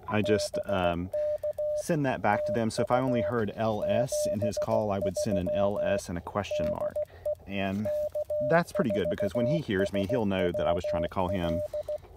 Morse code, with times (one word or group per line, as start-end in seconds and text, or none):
0.2-1.8 BK
2.3-3.3 TU
3.8-6.0 73
6.5-7.3 DE
7.9-12.0 K4SWL